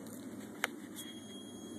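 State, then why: Seated. A toy rocket, the one without the hole, is pushed as hard as possible onto an air or stomp launcher against a steady low hum. A single sharp, short click sounds at 0.6 s, and a thin high tone continues from about 1.0 s. The rocket is seated on the launcher.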